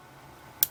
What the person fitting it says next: I have never had a non-locking blade knife snap into place so well.